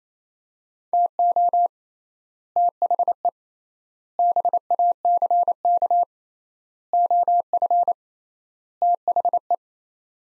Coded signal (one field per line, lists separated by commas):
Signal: Morse code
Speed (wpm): 28 wpm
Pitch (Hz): 700 Hz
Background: none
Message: TO THE BACK OF THE